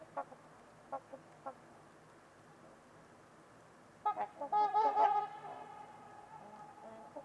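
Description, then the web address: Trumpeter swan calls, a few faint soft honks early, then a loud burst of trumpeting, resonant honks about halfway through, fading to quieter calls. Trumpeter swans on a winter's eve at Winters Lake in a deep, silent valley in winter. "Trumpeter Swans on a Winter's Eve. Winters-Lake-with-Swan. Wind Is the Original Radio"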